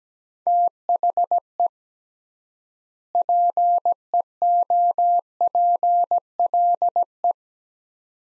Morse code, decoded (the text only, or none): THE PEOPLE